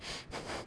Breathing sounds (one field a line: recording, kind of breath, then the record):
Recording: one breath in and out by a microphone near the nose and mouth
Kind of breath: strong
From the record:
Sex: male